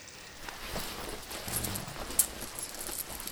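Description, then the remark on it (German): Coins jingle and clink softly as they are handed over to people as their share, a light metallic rattle with one sharper clink partway through. No one speaks. “Aber als ein Mann, der zu seinem Worte steht, bat er mich, euch eure Münzen zu bringen.”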